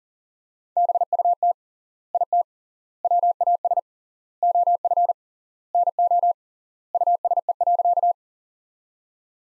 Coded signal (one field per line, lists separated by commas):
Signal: Morse code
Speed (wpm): 40 wpm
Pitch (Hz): 700 Hz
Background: none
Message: BUT IT WAS OF NO USE.